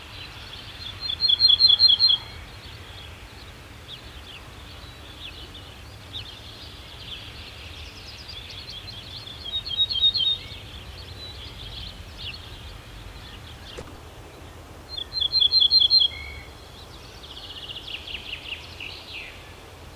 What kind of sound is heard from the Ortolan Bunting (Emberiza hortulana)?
song